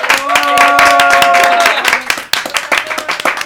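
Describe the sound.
A crowd applauds a band with dense, rapid clapping that continues steadily, while a voice calls out over the first half before the claps thin slightly toward the end.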